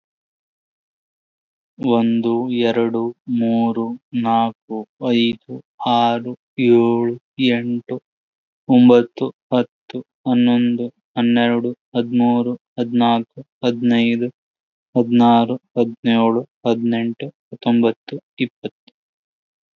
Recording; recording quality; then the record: counting at a normal pace; excellent, no background noise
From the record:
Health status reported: healthy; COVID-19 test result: negative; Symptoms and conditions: none ticked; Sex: male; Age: 30 years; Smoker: not ticked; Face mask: worn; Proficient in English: yes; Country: United States